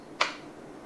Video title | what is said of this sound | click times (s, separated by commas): Haley Strategic (HSP) / G-Code INCOG IWB Holster | you know nice little click that you you want to hear | 0.2 s